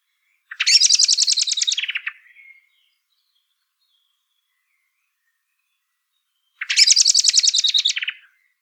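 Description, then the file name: Common blackbird rattling chatter, two bursts of quick harsh notes about six seconds apart, each run lasting about two seconds, with quiet between them. "Turdus merula"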